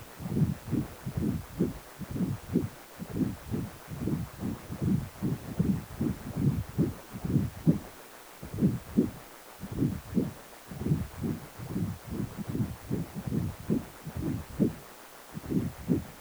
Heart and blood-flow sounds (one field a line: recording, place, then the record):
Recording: Doppler ultrasound of blood flow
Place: precordium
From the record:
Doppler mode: continuous wave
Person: healthy adult, 18 to 50 years, no heart murmur, not diving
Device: 2.5 MHz transducer